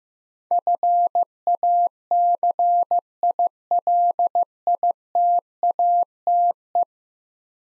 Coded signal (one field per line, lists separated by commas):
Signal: Morse code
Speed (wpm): 16 wpm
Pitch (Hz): 700 Hz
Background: none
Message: FACILITATE